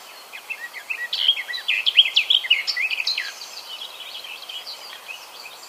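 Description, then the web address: Garden warbler song: a fast, rich warble of varied chattering notes lasting about three seconds, then fading to quieter, scattered phrases. "ljud Sylvia borin"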